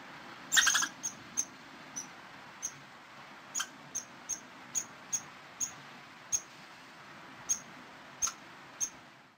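Squirrel calling with a short scratchy burst, then thin high chirps spaced roughly every half to one second over faint background noise.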